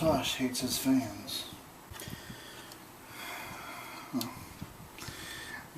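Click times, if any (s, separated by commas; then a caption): 4.2 s. During a first PC build, an unnamed computer component is pushed into the PC case while someone talks. One short, sharp click sounds at 4.2 s, and the part locks into place.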